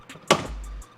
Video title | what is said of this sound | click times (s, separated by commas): How To Install A Flow Designs Rear Diffuser On Your 2020 WRX | clicked in and | 0.3 s